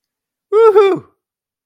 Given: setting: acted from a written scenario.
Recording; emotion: vocal sound without words; triumph